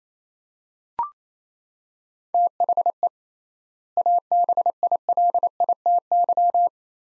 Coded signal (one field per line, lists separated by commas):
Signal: Morse code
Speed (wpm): 28 wpm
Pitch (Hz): 700 Hz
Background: none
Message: THE ABILITY